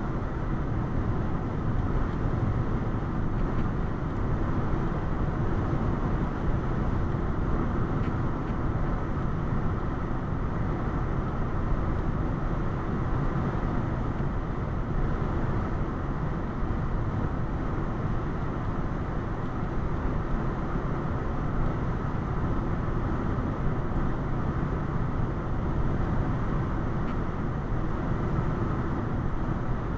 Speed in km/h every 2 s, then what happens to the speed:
95, 95, 95, 95, 95, 95, 95, 95, 95, 95, 95, 95, 95, 95, 95.
0-30 steady at about 95.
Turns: none.